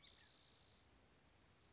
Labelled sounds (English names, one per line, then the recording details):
Spotted Towhee
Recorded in Sonoma County, California